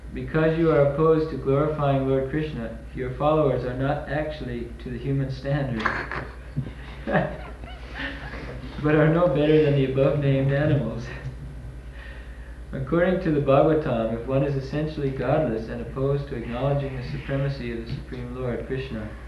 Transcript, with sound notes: "because you are opposed to glorifying Lord Kṛṣṇa, your followers are not actually to the human standard," [laughter] "but are no better than the above-named animals. "According to the Bhāgavatam, if one is essentially godless and opposed to acknowledging the supremacy of the Supreme Lord Kṛṣṇa,